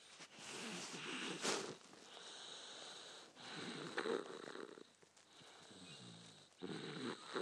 Snoring child.